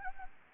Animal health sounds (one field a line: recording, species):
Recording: mosquito wingbeat signal from an infrared sensor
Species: Anopheles gambiae